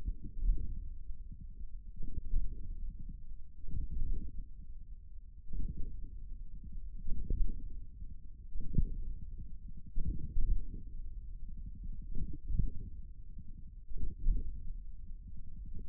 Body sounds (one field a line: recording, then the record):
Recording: forearm muscle sounds (acoustic myography)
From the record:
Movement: hook grip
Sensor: system 1, eight BSWA MPA416 microphones around the upper forearm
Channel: 8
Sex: male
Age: 41 years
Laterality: right